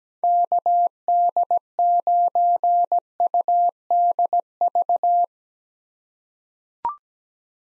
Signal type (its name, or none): Morse code